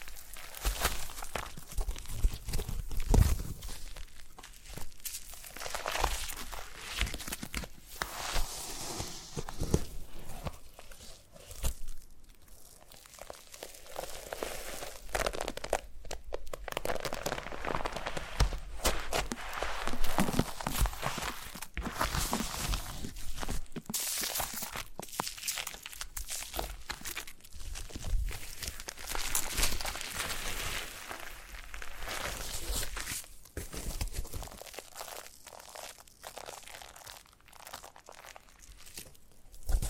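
Foam being rubbed and squeezed in a massage, giving a continuous dry crinkling and crunching texture. The rubbing rises and falls in irregular bursts across the forty seconds, with brief quieter gaps around twelve and thirty-five seconds and a few sharper crackles.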